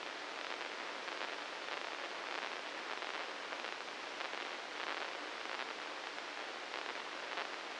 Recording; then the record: brain microelectrode recording played as sound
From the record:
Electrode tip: inside the subthalamic nucleus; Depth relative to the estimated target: 0 mm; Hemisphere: right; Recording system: NeuroSet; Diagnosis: Parkinson's disease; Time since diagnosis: 9 years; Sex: male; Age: 61 years